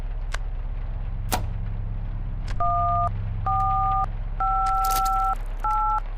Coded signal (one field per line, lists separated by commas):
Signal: DTMF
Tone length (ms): 550 ms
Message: 1458